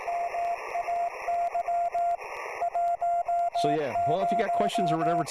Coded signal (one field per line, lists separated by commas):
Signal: Morse code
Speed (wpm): 18 wpm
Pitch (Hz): 690 Hz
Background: speech, radio noise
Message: MAY 10